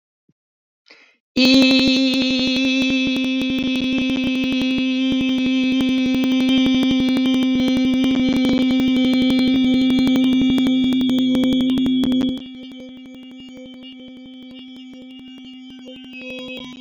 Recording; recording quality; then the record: sustained vowel as in beet; moderate, slight background noise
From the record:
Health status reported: healthy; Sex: female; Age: 55 years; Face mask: not worn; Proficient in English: no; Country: France